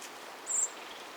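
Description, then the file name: Eurasian blackbird giving a single thin, very high-pitched drawn-out note lasting about a fifth of a second, over a steady soft background hiss. "Turdus merula"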